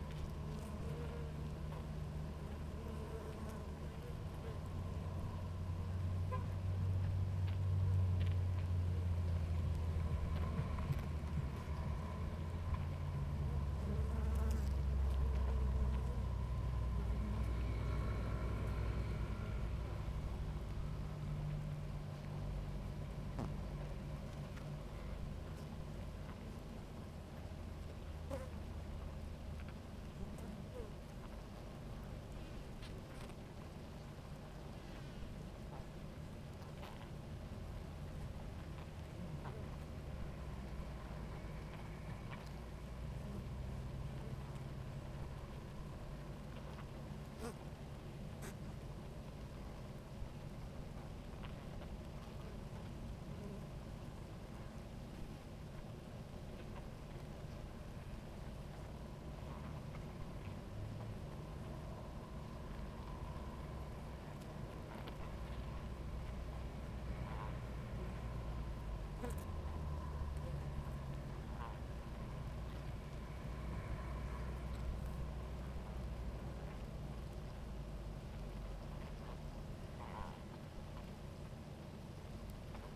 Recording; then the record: honeybee colony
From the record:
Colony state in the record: active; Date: 28 July 2017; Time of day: 17:30